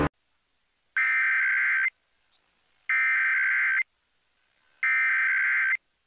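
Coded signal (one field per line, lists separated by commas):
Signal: Emergency Alert System (SAME) tones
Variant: header bursts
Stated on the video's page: Required Monthly Test on AM/FM radio and television in Tennessee.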